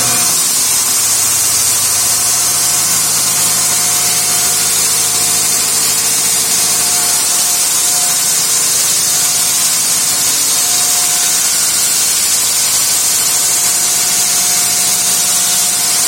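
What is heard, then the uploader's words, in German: A house saw runs with a steady, dense hiss that stays even for the whole stretch, bright and airy at the top. A faint whine holds beneath it, with a lower tone drifting in and out midway, and no distinct strokes or pauses. Haussäge.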